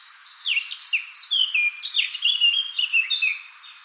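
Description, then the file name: Eurasian blackcap song, a bright continuous warble of quick, clear, downward-sliding whistled notes packed closely together. "Sylvia atricapilla"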